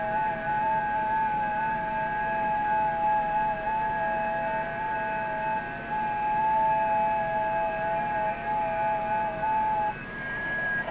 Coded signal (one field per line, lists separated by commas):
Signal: FT8